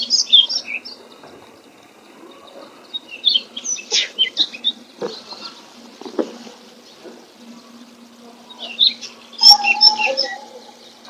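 Morning nature sounds with birds chirping and calling, bright quick notes clustered near the start, around four seconds, and again near ten seconds. A low steady hum runs underneath throughout, with a few soft knocks and thuds in between.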